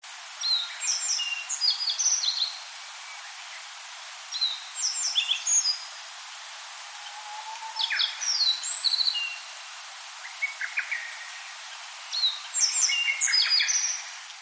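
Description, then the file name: Yellow bunting song: short phrases of high, clear and slightly buzzy notes, repeated every few seconds, over a steady background hiss. "nojiko"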